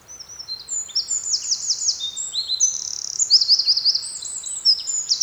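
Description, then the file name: Eurasian wren singing a rapid, high-pitched cascade of bright notes with bursts of fast trills, running without pause throughout. "Troglodytes troglodytes"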